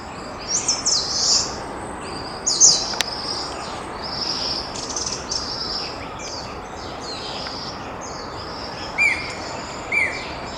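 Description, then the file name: Ashy minivet: high metallic trilled bursts, short and jingling, given several times among other faint high chirps, with a steady background hiss. Recorded on 21 April 2020. "20200421 sanshoukui"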